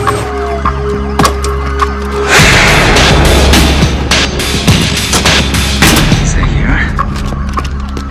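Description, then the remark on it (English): Several sharp gunshot cracks from a gunman firing, one shot through his own window, ring out at irregular intervals over a loud, rumbling wash of noise, with muffled voices and a faint wailing tone in the background. “Okay, he's firing. He just shot through his own window.”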